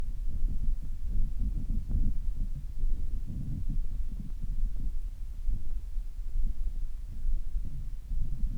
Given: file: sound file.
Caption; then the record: Audio file of pre-treatment ear canal signal from the no.3 VPT patient.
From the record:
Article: Pre-Treatment Objective Diagnosis and Post-Treatment Outcome Evaluation in Patients with Vascular Pulsatile Tinnitus Using Transcanal Recording and Spectro-Temporal Analysis